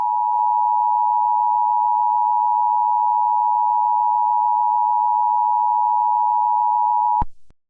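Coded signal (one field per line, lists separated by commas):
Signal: Emergency Alert System (SAME) tones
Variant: 853 and 960 Hz attention tone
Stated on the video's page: Fictional EAS scenario about a civil war in Florida; simulated alert, not real.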